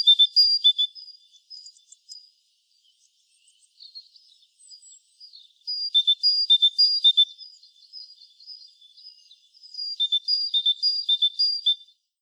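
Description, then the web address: Great tit producing three bursts of quick, ringing two-note phrases, high and slightly lower notes alternating, separated by quiet spells of faint notes. "SETE Parus major"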